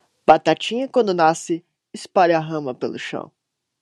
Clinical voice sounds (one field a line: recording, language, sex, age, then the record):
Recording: short text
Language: Brazilian Portuguese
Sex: male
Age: 20 to 29 years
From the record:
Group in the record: control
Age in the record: 21 years